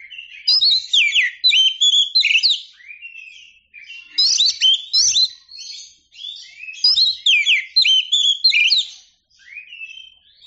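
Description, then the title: Oriental magpie-robin song: three bursts of rich, varied whistles and twittering chirps, each a couple of seconds long, with brief quieter gaps between them. Described as a champion singing bird. "Kicau Burung Kacer Juara"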